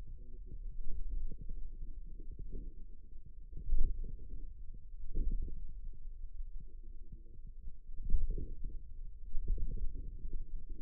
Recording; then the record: forearm muscle sounds (acoustic myography)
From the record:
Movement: radial deviation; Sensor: system 2, bracelet of six BSWA MPA416 microphones around the upper forearm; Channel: 4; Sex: female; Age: 21 years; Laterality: right